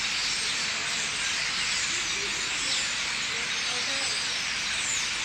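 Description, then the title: Common starlings in massed chatter, dense overlapping squeals filling the sound continuously. Thousands of birds gathering in trees at night at a roost in Limoges, France; recorded with a Sony PCM-M10's internal microphones. "4 Rue des Prisons, Limoges, France - Starlings - étourneaux"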